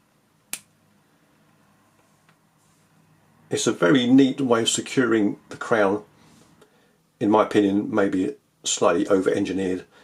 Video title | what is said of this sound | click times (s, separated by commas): Ball Engineer Ceramic Hydrocarbon XV - Reviewed. | and then just this just swings back and clicks into place | 0.5 s